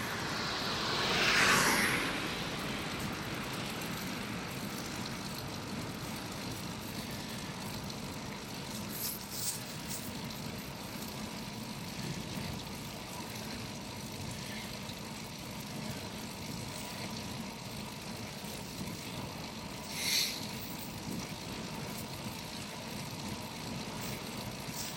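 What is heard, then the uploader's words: A bike ride with a steady low rumble of wheels and air running the whole way through. Near the start a louder rushing swell carries a few quick squeaks, and around twenty seconds a single sharp rattle cuts through before the even rolling resumes. Sounds of bike rides.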